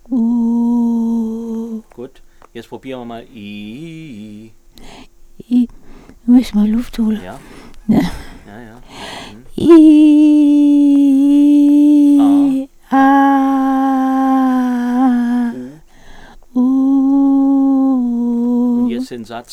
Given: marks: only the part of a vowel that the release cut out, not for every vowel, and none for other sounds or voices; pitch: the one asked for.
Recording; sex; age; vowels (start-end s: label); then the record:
sustained vowels; female; 70 to 79 years
0.26-1.18 s: vowel /u/, low pitch
9.96-11.91 s: vowel /i/, low-high-low pitch
14.58-15.40 s: vowel /a/, low-high-low pitch
17.43-18.76 s: vowel /u/, low-high-low pitch
From the record:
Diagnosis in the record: recurrent laryngeal nerve paralysis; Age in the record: 79 years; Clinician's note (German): Links, komplette Form ohne Kompensation, dazu Dysphagie